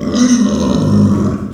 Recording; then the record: squeal of a Yucatan mini pig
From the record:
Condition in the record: after surgery on the right vocal fold (resection and tissue-engineered implant); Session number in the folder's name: 9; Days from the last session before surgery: 65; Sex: female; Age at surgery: 19 weeks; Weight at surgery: 25 kg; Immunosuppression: prednisolone